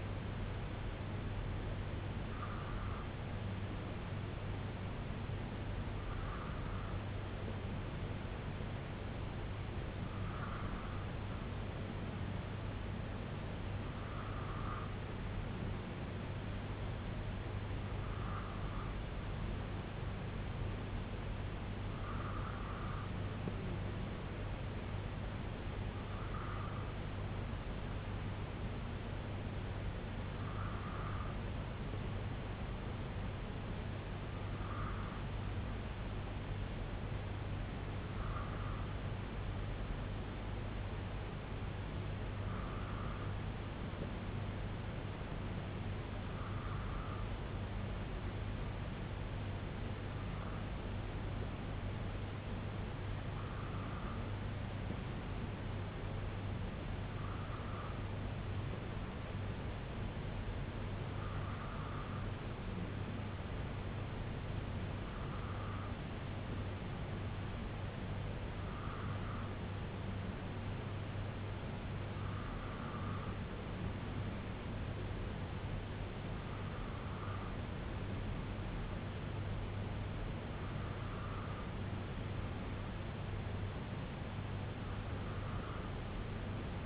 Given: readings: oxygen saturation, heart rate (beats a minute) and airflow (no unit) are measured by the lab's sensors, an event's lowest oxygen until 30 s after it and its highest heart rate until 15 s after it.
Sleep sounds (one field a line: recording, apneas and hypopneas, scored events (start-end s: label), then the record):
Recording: breathing in sleep by a voice recorder at the bedside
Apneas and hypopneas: none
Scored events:
none scored
From the record:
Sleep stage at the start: N2 (light sleep)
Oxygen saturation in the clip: 93 to 95%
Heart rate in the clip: 62 to 68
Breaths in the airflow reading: 22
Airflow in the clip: -2.8 to 1.9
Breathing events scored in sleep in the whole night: 258 in 7.4 hours asleep